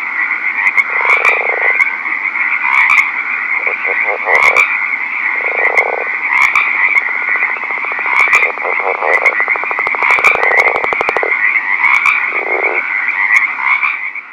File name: rpipiens night